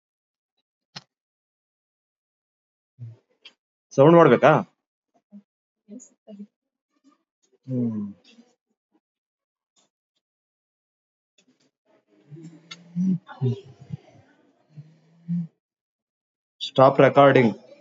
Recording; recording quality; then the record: shallow breathing; poor, much background noise or distortion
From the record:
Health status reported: recovered from COVID-19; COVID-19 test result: positive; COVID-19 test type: RT-PCR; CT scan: not taken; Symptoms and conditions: cough, cold, sore throat, fever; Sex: male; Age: 41 years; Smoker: no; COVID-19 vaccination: both doses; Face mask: not worn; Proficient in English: no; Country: India